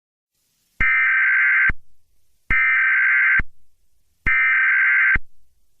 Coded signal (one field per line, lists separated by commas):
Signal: Emergency Alert System (SAME) tones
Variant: header bursts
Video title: EAS Scenario 1: Gargantuar’s Feast (PART 1)